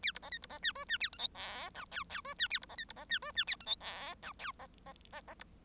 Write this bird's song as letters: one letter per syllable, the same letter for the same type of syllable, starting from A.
A B C D B C E F E A G H I J K K F E A B C D B C E F E A G H I J K C C C C B